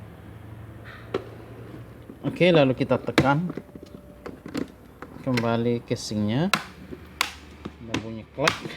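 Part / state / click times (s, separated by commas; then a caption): plastic bottom cover clips into laptop chassis / seated / 7.2 s. The plastic bottom case of an HP 14 cm009au (TPN-1132) laptop is pressed back down around the edge while someone talks, producing a series of sharp snaps as its many clips engage the chassis. The loudest snap, at 7.2 s, marks the case clipping into place, seated.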